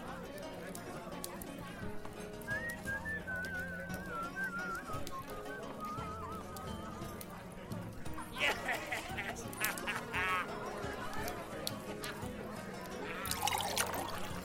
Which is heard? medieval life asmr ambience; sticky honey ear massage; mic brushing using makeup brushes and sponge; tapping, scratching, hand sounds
medieval life asmr ambience